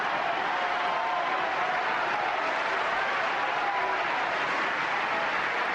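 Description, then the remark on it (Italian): Sustained, dense applause from a large audience at the Festival di Sanremo, an ovation lasting several minutes; a steady wash of clapping that stays loud and even throughout without pauses or voices standing out. “È un'ovazione che va avanti per parecchi minuti, tanto che”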